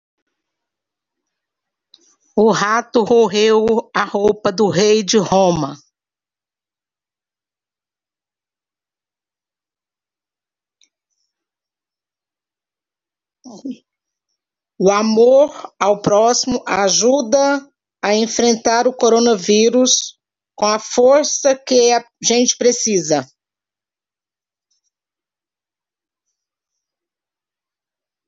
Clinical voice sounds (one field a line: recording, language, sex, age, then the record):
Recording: spoken sentence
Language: Brazilian Portuguese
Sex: female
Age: 50 to 59 years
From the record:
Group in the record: control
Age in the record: 52 years